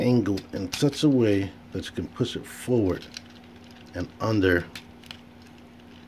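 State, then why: Seated. Someone talks while angling the plastic knee joint of a transforming robot figure, pushing it forward and tucking it under the kneecap. A sharp plastic click at 5.1 seconds marks the joint locking into place.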